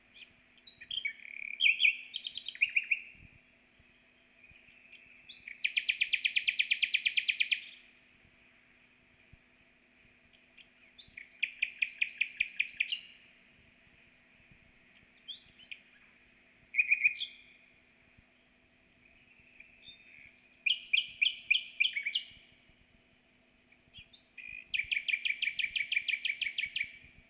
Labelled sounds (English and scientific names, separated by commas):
Common Nightingale (Luscinia megarhynchos) song